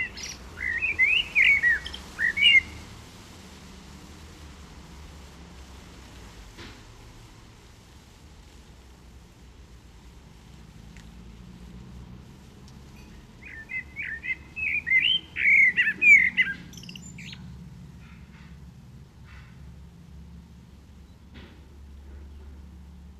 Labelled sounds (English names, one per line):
Common Blackbird song